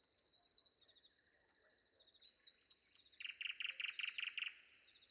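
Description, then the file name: Nightingale song: soft whistles, then a loud fast series of repeated clipped notes, over a persistent high-pitched background tone. Recorded before dawn. "predawn nightingale"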